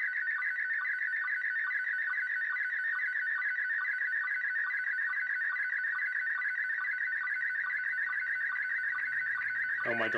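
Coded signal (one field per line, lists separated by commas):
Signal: SSTV (slow-scan television)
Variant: Robot 36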